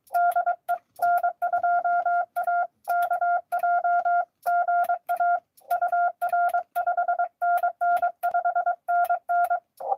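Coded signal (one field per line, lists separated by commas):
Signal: Morse code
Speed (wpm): 22 wpm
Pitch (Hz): 700 Hz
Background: none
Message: DE N2AKJ GA UR 5NN 5NN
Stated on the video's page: Live Parks on the Air CW activation at a state park.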